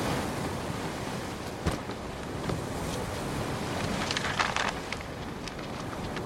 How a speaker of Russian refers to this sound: На лодке к берегу приплыл фотограф.